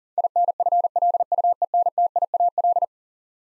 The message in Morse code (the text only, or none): INFLUENTIAL